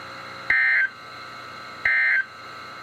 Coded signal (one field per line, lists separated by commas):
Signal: Emergency Alert System (SAME) tones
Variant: end-of-message bursts